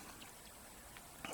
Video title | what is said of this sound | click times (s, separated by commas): 1967 VW Beetle hot air flaps , cable guide and mounting tires on better rims | latch pops right in place and holds it very nicely. | 1.2 s